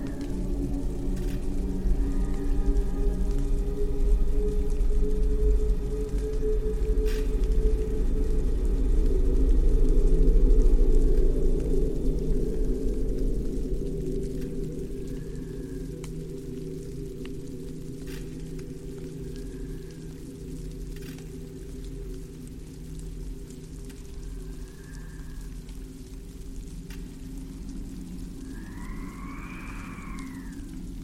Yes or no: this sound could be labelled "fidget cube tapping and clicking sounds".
no